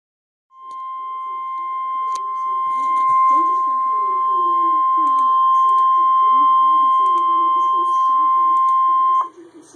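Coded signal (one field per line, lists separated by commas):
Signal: Emergency Alert System (SAME) tones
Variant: 1050 Hz attention tone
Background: speech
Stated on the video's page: Tornado watch alert recorded in the mid-Atlantic region.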